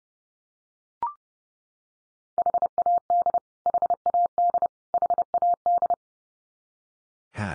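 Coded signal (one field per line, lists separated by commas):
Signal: Morse code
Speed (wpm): 30 wpm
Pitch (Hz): 700 Hz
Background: none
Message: HAD HAD HAD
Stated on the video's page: Morse drill of the 500 most common English words at 30 wpm, each word sent three times, spoken, then sent again, for head-copy practice.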